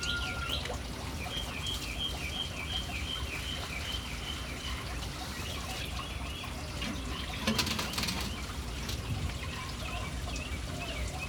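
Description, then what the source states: Birds calling with a series of quick, repeated high chirps over a steady rush and splash of fountain water. City birds hanging around an urban fountain.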